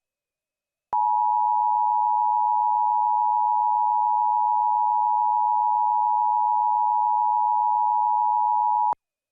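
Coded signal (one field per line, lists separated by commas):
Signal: Emergency Alert System (SAME) tones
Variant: 853 and 960 Hz attention tone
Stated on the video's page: Mock, simulated earthquake alert.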